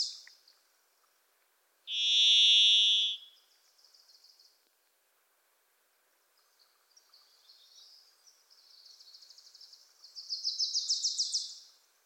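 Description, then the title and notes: Varied thrush gives one sustained, buzzy whistled tone early on, followed by a small songbird's series of high notes building into a fast, loud chattering trill. Varied Thrush visiting the recordist in a Pacific Northwest forest; voice likened to crying 'Listen. Listen. Listen.'; a Wilson's Warbler sings alongside; unmastered recording. "The Varied Thrush, Ixoreus naevius, is a wisp in the forests of the Pacific Northwest."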